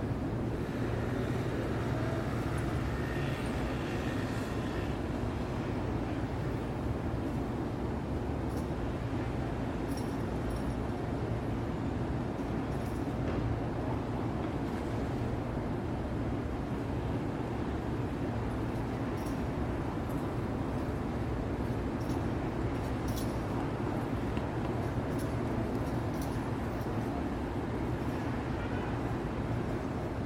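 A steady, dense city traffic roar fills the whole stretch at night in Midtown New York, heavy in the low end with a constant rumble. Faint brief clicks and knocks from the street surface now and then, with no clear siren standing out.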